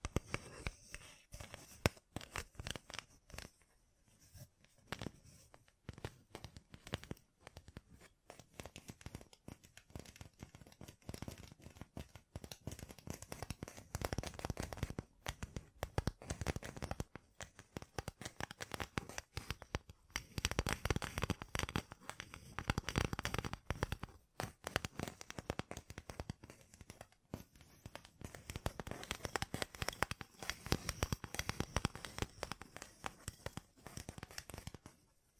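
Fingertips covered in gems tap and scratch in a dense, restless stream for the whole recording. Sharp clicks and brittle scrapes follow one another rapidly and unevenly, with brighter bursts of crinkly scratching around the middle and near the end.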